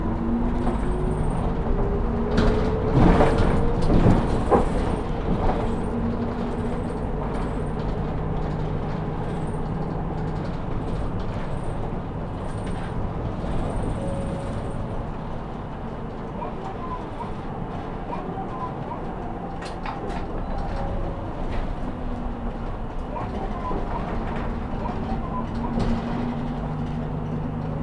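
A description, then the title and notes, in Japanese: A Saihi bus rides toward Sasebo Station, its engine a steady low rumble with gear and motor tones rising and falling. Muffled voices of boarding passengers murmur throughout, a thin high whine pulses in the first half, and clunks and knocks mark the opening seconds. 西肥バス 弓張岳展望台→佐世保駅。続々と佐世保市内に向かう人が乗ってきます。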